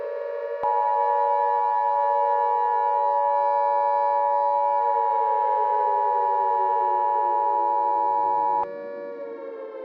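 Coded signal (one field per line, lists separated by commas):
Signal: Emergency Alert System (SAME) tones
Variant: 853 and 960 Hz attention tone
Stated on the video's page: Simulated EAS tones with valid tones in a fictional scenario.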